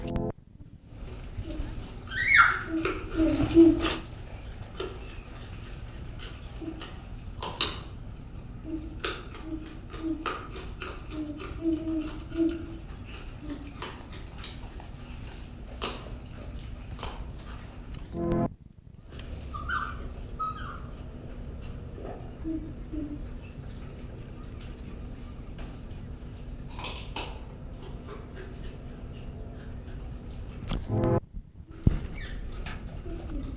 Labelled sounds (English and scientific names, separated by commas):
Agile Gibbon (Hylobates agilis) call